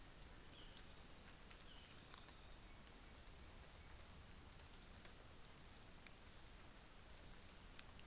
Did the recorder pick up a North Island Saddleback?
no